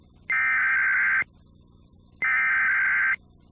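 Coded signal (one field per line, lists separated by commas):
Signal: Emergency Alert System (SAME) tones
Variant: header bursts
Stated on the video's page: Meme comparison built from other creators' EAS videos.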